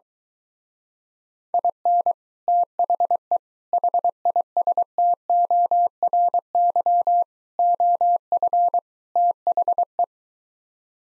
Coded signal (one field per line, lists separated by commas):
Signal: Morse code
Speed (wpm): 23 wpm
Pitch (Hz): 700 Hz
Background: none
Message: IN THE HISTORY OF THE